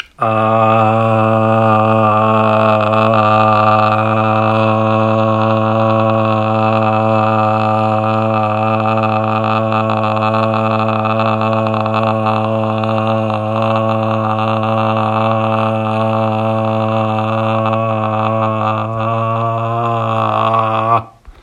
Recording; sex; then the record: sustained vowel /a/; male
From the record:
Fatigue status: no fatigue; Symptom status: symptomatic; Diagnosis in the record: COVID-19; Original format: m4a